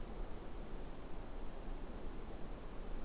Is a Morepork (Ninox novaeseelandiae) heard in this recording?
no